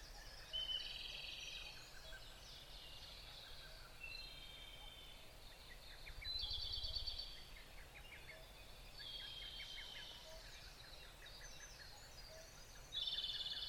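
Bird chorus of several overlapping high chirps, trills and short whistled phrases, rising and falling in loudness, over a steady background hiss.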